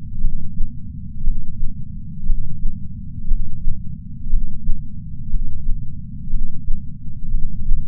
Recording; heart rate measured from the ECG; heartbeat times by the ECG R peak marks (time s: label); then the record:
heart sounds by patch sensor on the chest; 59 bpm
0.21 s: heartbeat
1.24 s: heartbeat
2.26 s: heartbeat
3.28 s: heartbeat
4.30 s: heartbeat
5.30 s: heartbeat
6.30 s: heartbeat
7.31 s: heartbeat
From the record:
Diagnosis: coronary artery disease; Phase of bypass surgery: preoperative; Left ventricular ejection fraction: 62.4%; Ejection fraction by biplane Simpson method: 59%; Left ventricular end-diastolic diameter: 53 mm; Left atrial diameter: 40 mm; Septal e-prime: 7.2 cm/s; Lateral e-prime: 9.5 cm/s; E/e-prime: 9.1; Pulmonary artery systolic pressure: 23 mmHg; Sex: male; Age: 60 years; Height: 180 cm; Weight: 100 kg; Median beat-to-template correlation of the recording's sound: 0.92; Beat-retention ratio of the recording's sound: 0.96